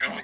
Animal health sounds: pig call; piglet (1 to 25 days)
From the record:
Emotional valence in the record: negative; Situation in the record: long isolation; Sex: female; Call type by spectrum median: low-frequency call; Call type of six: low-frequency tonal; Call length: 0.23 s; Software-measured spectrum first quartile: 1065 Hz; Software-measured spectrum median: 1776 Hz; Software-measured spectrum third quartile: 2241 Hz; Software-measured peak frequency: 2093 Hz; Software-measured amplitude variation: 116 dB a second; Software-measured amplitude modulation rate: 19.2 a second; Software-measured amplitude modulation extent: 6.0 dB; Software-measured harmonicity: 2.4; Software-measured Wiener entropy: -1.17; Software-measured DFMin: 729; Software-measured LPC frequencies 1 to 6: 698, 1550, 2075, 2862, 3492, 5220 Hz

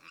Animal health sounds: pig call; piglet (1 to 25 days)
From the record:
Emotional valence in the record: positive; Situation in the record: reunion after long isolation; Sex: male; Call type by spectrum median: low-frequency call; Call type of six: low-frequency tonal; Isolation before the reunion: 8 minutes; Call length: 0.11 s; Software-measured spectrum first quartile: 1244 Hz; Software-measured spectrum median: 2291 Hz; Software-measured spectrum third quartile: 2903 Hz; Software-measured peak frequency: 2622 Hz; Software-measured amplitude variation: 87 dB a second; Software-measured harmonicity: 2.6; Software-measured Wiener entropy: -0.96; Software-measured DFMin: 1000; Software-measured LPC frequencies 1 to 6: 1292, 2587, 3907, 4914, 5394, 7179 Hz

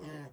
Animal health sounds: pig call; piglet (1 to 25 days)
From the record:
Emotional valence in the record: negative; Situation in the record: restrain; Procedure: sham castration, cut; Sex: male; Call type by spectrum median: low-frequency call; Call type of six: low-frequency tonal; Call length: 0.33 s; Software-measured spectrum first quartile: 231 Hz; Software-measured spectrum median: 455 Hz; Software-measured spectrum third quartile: 1272 Hz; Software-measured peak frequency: 150 Hz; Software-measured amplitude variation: 94 dB a second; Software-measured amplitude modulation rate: 16.8 a second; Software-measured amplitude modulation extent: 5.6 dB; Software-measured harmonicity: 2.4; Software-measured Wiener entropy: -0.88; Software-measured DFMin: 1295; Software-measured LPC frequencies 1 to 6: 1794, 2909, 4454, 5214, 6180, 7727 Hz

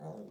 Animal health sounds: pig call; piglet (1 to 25 days)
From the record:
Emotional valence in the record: negative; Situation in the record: long isolation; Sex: female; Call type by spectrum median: low-frequency call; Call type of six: low-frequency stable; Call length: 0.30 s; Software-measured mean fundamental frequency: 52 Hz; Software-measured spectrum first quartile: 185 Hz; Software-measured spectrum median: 369 Hz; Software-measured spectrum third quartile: 594 Hz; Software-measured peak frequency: 175 Hz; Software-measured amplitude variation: 104 dB a second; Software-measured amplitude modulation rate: 19.7 a second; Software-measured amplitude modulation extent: 5.2 dB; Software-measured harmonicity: 3.3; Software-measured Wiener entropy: 0.14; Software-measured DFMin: 1501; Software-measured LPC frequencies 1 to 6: 557, 3737, 4788, 6080, 6786, 7876 Hz

